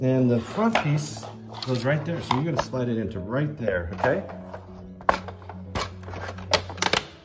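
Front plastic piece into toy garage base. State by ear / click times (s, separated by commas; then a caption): seated / 5.1 s, 6.5 s, 6.8 s, 7.0 s. Someone talks while the front plastic piece of a Hot Wheels Mega Garage toy car garage set is slid and pressed into its slot on the garage base. It snaps in with several sharp plastic clicks at about 5.1, 6.5, 6.8 and 7.0 seconds, and the piece is seated in place.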